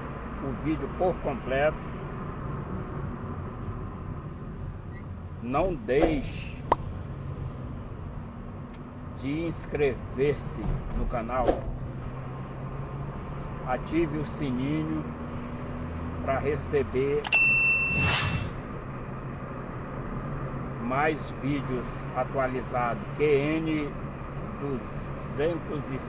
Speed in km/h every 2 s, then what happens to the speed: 45, 26, 23, 28, 33, 39, 45, 50, 50, 52, 53, 54, 55.
0-4 brakes to 23. 4-13 speeds up to 50. 13-26 steady at about 52.